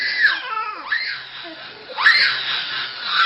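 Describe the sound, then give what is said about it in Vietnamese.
Anguished wailing and screaming from inside a cave, heard from outside it over pounding falling water, shrill voices sliding up and down in pitch in two loud surges, echoing, with sobbing cries between them and no speech. “Tuy nước đổ ầm ầm, nhưng ở bên ngoài này cũng đã nghe thấy tiếng gào khóc rụng rời từ phía bên trong hang động rồi.”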